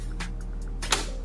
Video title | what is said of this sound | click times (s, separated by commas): How To Assemble A Computer | you hear the click you know that you have successfully installed your hard drive | 0.9 s